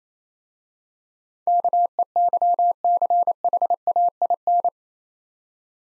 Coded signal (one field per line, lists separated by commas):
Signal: Morse code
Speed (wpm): 28 wpm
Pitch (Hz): 700 Hz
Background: none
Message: KEYCHAIN